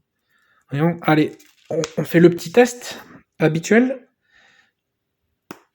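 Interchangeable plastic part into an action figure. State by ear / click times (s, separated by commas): seated / 5.5 s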